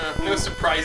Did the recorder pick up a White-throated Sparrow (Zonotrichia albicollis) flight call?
no